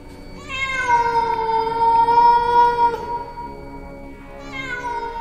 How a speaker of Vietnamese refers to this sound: Một cái tiếng kêu ghê rợn vang lên làm cho cô lạnh hết cả người. Cái tiếng kêu này nó là một cái thứ tiếng kêu quái dị, khào khào từ cổ họng. Trong thoáng chốc, Hồng Ngọc nhận ra ấy là tiếng kêu của một con mèo.